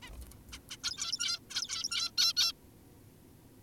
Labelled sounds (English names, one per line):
Zebra Finch